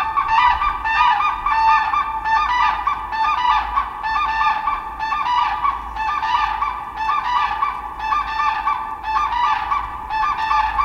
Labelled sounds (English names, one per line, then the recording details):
Demoiselle Crane call
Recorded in the wild
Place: Groß Nemerow, Mecklenburg-Vorpommern, DE
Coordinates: 53.448, 13.219
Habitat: Forest
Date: 1982-03-23
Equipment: Nagra III BH, Sennheiser MD 21, parabola
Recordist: Schubert, Michael